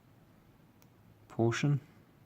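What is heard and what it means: A hearing aid receiver is being handled as someone presses on the gray portion of the receiver lock to fit it into the body of a Phonak Audeo receiver-in-the-ear hearing aid. A faint tick is heard under quiet background noise, followed by someone talking briefly. Nothing has seated or clicked yet by the end of the clip.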